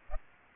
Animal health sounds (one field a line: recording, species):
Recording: mosquito wingbeat signal from an infrared sensor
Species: Aedes aegypti